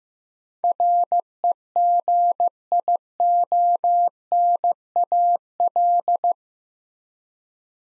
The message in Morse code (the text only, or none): REGIONAL